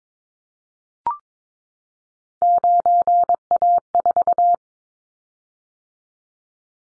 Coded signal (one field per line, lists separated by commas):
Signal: Morse code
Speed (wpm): 22 wpm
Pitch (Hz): 700 Hz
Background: none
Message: 9A4